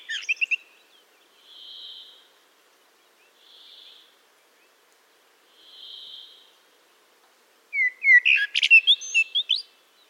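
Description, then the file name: Eurasian blackbird song: a brief twitter, then three soft hissing notes spaced about two seconds apart, then a loud phrase of whistles and high squeaks. "Turdus merula"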